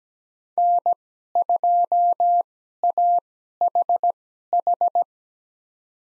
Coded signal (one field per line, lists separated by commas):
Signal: Morse code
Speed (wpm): 17 wpm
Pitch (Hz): 700 Hz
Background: none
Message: N2AHH